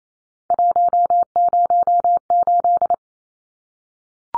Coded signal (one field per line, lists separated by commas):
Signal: Morse code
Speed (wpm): 28 wpm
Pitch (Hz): 700 Hz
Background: none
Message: 108